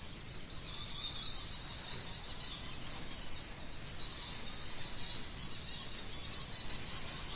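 Bats in a cave give a constant high, hissing chatter that swells and fades slightly in loudness throughout.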